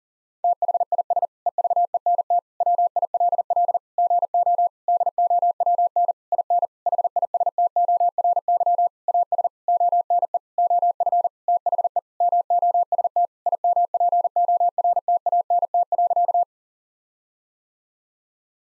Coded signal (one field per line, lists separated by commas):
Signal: Morse code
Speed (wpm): 40 wpm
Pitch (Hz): 700 Hz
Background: none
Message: THIS EVENT WILL GO DOWN IN HISTORY AS ONE OF THE MOST IMPORTANT.